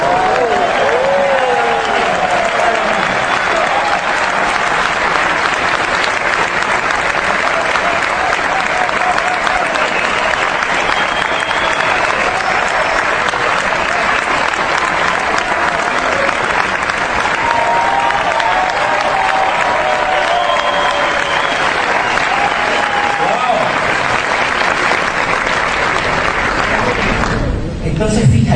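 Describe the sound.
A crowd applauds steadily, a dense wash of clapping that holds loud and even for nearly half a minute, with faint cheers and voices rising through it before it cuts off abruptly.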